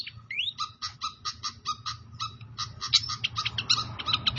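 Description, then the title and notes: Pied fantail song, one rising whistle followed by a rapid chain of short chirps that quickens toward the end, with low rumbling underneath. Masteran training recording of clear-voiced song mixed with the sound of gurgling water. "Masteran Sikatan Kipas Suara Jernih Dan Suara Gemericik Air. Suara Burung Sikatan Londo"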